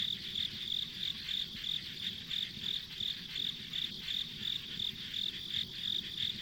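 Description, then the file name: Insects calling: rapid, bright chirps pulsing roughly three per second atop a constant shrill drone, with faint low background noise. Ambient insect sounds on a rural country road. "田舎道の虫の環境音"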